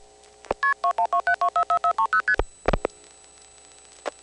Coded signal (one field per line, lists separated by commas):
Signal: multi-frequency trunk signalling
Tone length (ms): 90 ms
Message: KP2127244430ST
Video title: Dialing Those Mysterious "1xx" and "0xx" Codes, 1974-1980